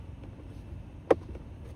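A plastic twist lock on a car's interior trim panel is twisted, and the panel is lifted slightly and pulled out. A single sharp pop at 1.1 s marks the panel popping free and being released, followed by a much fainter tick at about 1.4 s over a steady low rumble.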